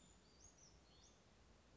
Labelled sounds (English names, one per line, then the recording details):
Western Flycatcher
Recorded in Sonoma County, California